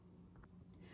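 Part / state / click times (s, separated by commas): memory module into laptop SO-DIMM slot / seated / 0.4 s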